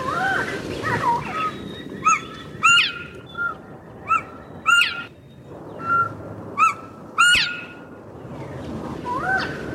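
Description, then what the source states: Northern bobwhite whistles: several clear notes, some sharply rising, over steady background noise. Male sings a 'Bob White' whistle song in spring; also gives a 'hoy' call; a covey gives the hoy call and soft contact calls while feeding.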